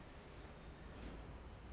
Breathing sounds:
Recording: one breath in and out by a microphone near the nose and mouth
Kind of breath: normal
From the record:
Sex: male

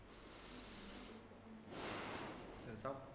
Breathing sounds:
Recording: one breath in and out by a microphone near the nose and mouth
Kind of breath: deep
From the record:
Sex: male

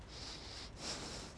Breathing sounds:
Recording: one breath in and out by a microphone near the nose and mouth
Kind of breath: strong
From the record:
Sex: male

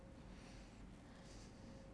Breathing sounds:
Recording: one breath in and out by a microphone near the nose and mouth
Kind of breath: deep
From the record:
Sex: male

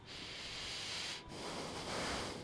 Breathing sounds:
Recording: one breath in and out by a microphone near the nose and mouth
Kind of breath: deep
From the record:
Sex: male

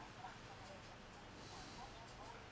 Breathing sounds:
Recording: one breath in and out by a microphone near the nose and mouth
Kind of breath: normal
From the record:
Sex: male

